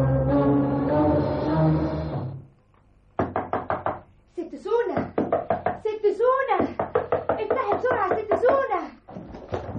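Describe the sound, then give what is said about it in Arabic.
Loud, rapid knocking on an apartment door comes in insistent bursts of quick sharp raps, following a stretch of voice at the start, with someone talking over the later knocks. “روح شوفي مين اللي واقف لنا على باب الشقة وانت تعرف الدنيا اتهدت ولا لا؟”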